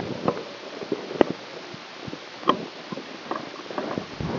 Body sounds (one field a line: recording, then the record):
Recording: brain microelectrode recording played as sound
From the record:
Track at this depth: inside the subthalamic nucleus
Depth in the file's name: 0.04 mm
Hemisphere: right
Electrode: 2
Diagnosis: Parkinson's disease